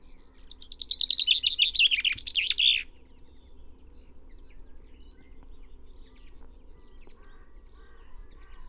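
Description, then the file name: Common chaffinch song phrase: a cascade of clear notes dropping in pitch over about two seconds and ending in a flourish, followed by quiet background. "Fringilla coelebs"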